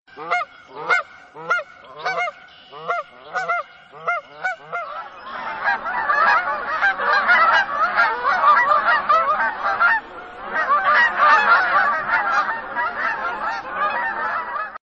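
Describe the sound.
Goose honking, a series of loud nasal honks for about five seconds, then a dense overlapping chorus of many honking geese continuing to the end.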